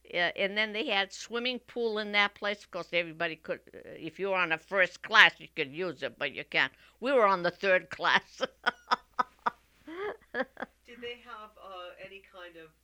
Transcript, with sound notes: And then they had a swimming pool in that place, because everybody could, if you were on the first class you could use it, but you can't. We were on the third class. ( she laughs )
Did they have any kind of,